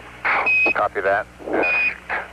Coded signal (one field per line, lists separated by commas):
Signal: Quindar tones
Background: speech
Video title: Moon Hoax; "Quindar Tones, What Were They Really Used For?"